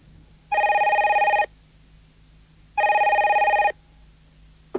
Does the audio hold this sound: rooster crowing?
no